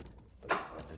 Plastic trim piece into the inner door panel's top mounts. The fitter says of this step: just slides and will lock into place.